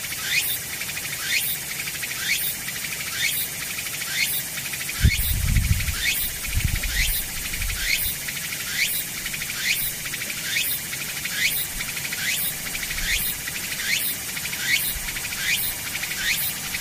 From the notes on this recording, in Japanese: ムシ